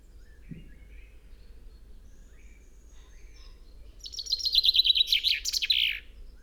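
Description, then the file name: Common chaffinch song bursting in after several quiet seconds with faint chirps and a low thump: a quick descending trill ending in a flourish. "Fringilla coelebs"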